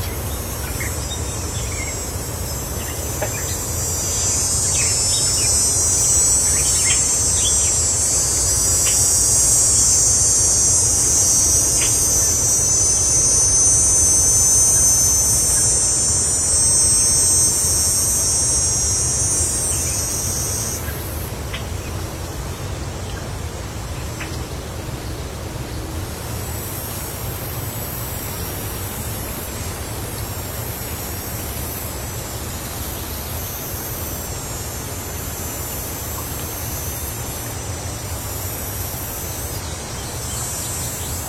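A waterfall roars steadily and low throughout, thick and unchanging. Over it, cicadas shrill loudly and high from about two seconds until around twenty, then drop away to a fainter buzz that lingers to the end.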